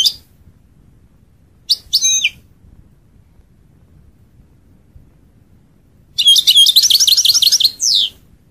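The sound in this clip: European goldfinch song: a few short twittered phrases, then a longer rapid twittering phrase ending with a down-slurred note.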